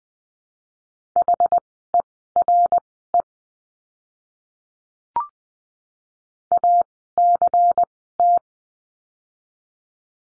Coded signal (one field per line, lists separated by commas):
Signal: Morse code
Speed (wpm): 20 wpm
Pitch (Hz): 700 Hz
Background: none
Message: HERE ACT